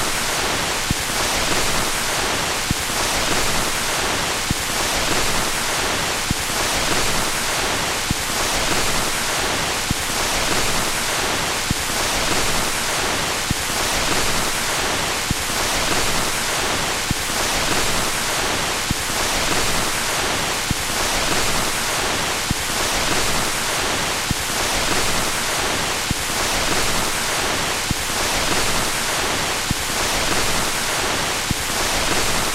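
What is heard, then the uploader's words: Surface static from an old 78 RPM shellac record: a dense, steady hiss that fills everything from low rumble to bright top. Faint crackles and a soft, regular swish repeat a little more than once per second throughout, with no music. Static from an old 78 RMP shellac record.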